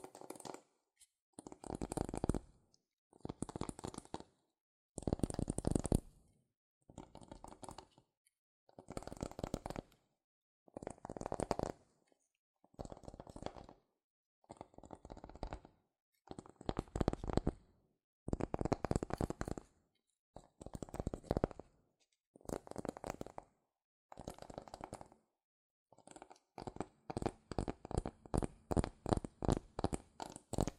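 Fingers tap, scratch and trace over cardboard or paper in short bursts of about a second, each separated by a brief silence. The bursts are dense and gritty, mixing low thuds with bright scraping. Near the end, the tapping turns faster and more regular.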